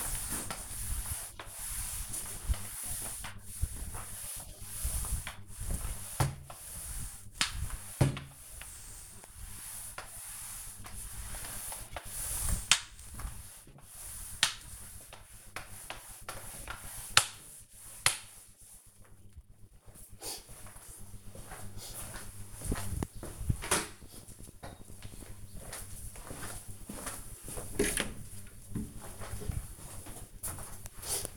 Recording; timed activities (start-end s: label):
household activities, microphone on the right wrist
0.00-19.41 s: floor cleaning